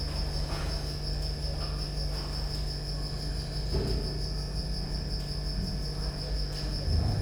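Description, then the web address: Cricket trilling in a steady, unbroken high-pitched buzz with a faint pulse, over a strong low electrical hum and a few soft knocks. Recorded at Győr zoo in 2014 with professional equipment; an insect near the left microphone, electrical equipment; still-life scene. "allathangok gyorizoo 2014 professzionalis gallerospavian balmikrofonnalegyrovar elektromosberendezes tucsok csendelet"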